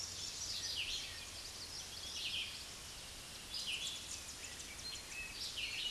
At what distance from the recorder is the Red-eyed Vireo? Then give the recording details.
about 20 m. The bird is about 15 m above the microphone. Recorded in a Pennsylvania forest on 16 May 2024 at 06:34. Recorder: AudioMoth, point MSD-0079. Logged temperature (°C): 16.1 °C. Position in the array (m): 165 m, 72 m